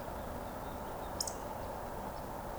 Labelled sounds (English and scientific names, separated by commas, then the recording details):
Eurasian Woodcock (Scolopax rusticola) whistle
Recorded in Baden-Württemberg, Germany, on 24 June 2020 at 19:30 UTC
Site 14569, 102 m above sea level